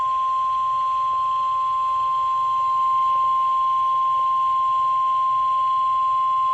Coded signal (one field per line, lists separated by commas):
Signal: Emergency Alert System (SAME) tones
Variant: 1050 Hz attention tone